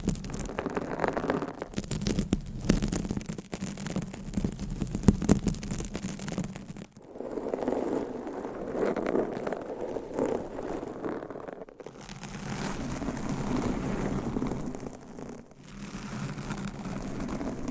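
Long nails scratch across a microphone in a dense, continuous rasping with a strong low rumble underneath. The texture shifts in bursts, with brief near-silent gaps around 7, 12 and 15.5 seconds before the scraping resumes at a steady level.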